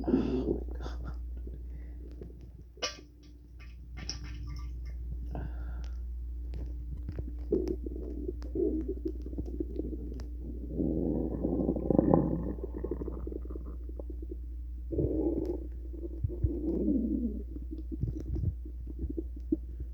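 Gurgling bowel sounds from an adult's abdomen, heard close up: irregular rumbles and bubbling, with louder low-pitched gurgling bursts over a steady low hum.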